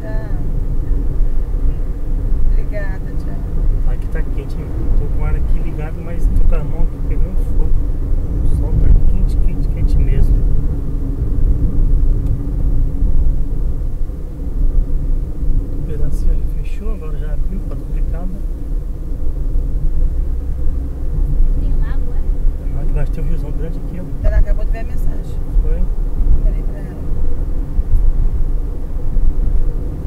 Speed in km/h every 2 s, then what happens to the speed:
82, 84, 85, 83, 76, 72, 68, 64, 62, 61, 66, 70, 72, 75, 76.
0-5 steady at about 84. 5-17 slows to 61. 17-30 speeds up to 76.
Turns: none.